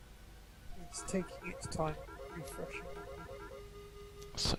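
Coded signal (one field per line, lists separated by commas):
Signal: none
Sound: stream software notification sounds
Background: speech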